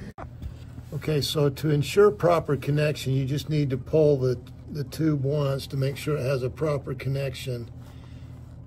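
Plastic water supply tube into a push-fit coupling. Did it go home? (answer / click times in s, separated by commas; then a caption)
yes / 0.2 s. The other end of a 5/16 plastic refrigerator water tube is slid into a plastic/brass push-to-connect coupling, and one short sharp click at 0.2 s marks it seating. Someone then talks for the rest of the clip.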